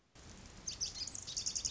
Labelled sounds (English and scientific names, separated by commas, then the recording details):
Lazuli Bunting (Passerina amoena)
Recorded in Sonoma County, California